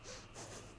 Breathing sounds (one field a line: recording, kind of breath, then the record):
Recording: one breath in and out by a microphone near the nose and mouth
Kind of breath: strong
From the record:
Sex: female